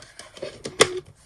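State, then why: Seated. The plastic cartridge cover of a Nelko PP01 mini photo printer is closed over the installed cartridge. A few light plastic taps at about 0.2, 0.4 and 0.7 s lead to a sharp, loud click at 0.8 s as the latch catches, followed by a short ringing tail. The cover is seated and shut.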